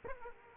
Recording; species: mosquito wingbeat signal from an infrared sensor; Aedes aegypti